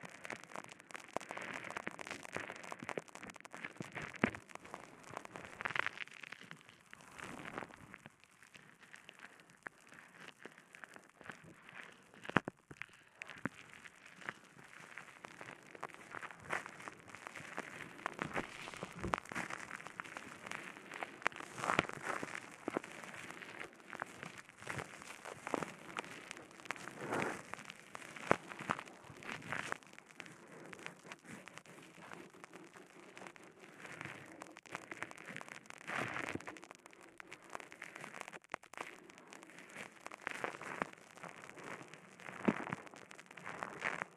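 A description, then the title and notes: Bubble wrap and a sponge being handled, with a steady stream of small crackling pops and squishy rustles running throughout. The pops come thick and irregular, with sharper louder snaps scattered across the clip, especially near 12, 20 and 37 seconds. Bubble Wrap, Sponge.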